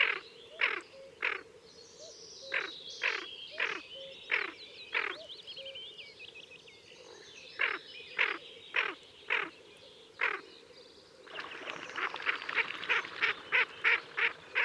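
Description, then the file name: Tufted duck rasping calls, spaced gravelly notes that quicken into a rapid chattering run near the end, other birds whistling faintly. "Kuifeend Aythya fuligula"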